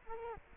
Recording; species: mosquito wingbeat signal from an infrared sensor; Culex quinquefasciatus